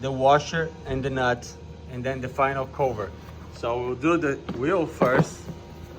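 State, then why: Not seated. Someone talks while handling a plastic wheel part at the front axle or hub assembly of a LIGIANT Ride On Dump Truck 24V OP60 4x4 kids' ride-on truck, getting ready to push it on. The part has not seated or clicked into place yet by the end of the clip.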